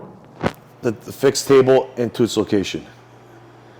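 A fixed metal table section is pushed into its location on an Omcan 3 HP floor band saw with a 126″ blade, locking in under the lip. A sharp hit at 0.5 s marks it seating into place, and someone talks throughout.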